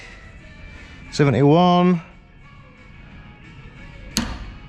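A click-type torque wrench set to 71 Nm is pulled against a bolt while someone talks. A sharp click is heard at 4.2 s, showing the wrench has reached 71 Nm.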